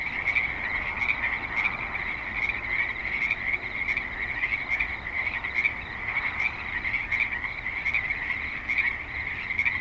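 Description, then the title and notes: Dense frog chorus, an unbroken high trill with crisp pulses repeating roughly every half second to a second. Frogs at a creek in suburban Spanish Springs, Nevada, USA. "Frogs in Spanish Springs, NV - creek view. Frogs with light traffic and other suburban sounds"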